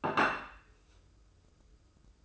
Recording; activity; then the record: daily activity, microphone in the room; place plate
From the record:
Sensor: 2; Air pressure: 995.1 hPa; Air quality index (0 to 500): 58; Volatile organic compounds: 1 ppm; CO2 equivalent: 965 ppm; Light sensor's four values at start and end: 14/46/18/17 and 14/47/18/17